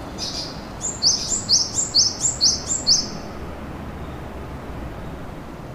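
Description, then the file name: Bird calling a quick series of about seven high, thin, down-slurred chirps, evenly spaced over two seconds, above a steady background hiss. Recorded in Shinagawa, March 2008. "bird shinagwa-200803"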